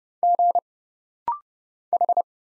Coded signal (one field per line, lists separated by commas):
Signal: Morse code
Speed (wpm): 29 wpm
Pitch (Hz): 700 Hz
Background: none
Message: G H